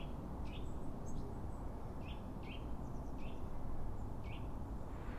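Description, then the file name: Eurasian nuthatch calls: a handful of brief, sharp notes at irregular intervals, with low rumbling noise behind. "Sitta europaea"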